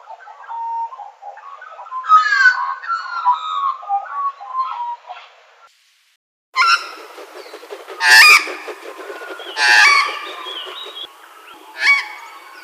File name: australian Magpie